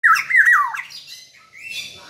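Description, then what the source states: Black-naped oriole giving a harsh, nasal, squawking call that wavers and slides downward, followed by fainter thin rising notes. Singing vigorously and continuously (gacor), said to sing until exhausted.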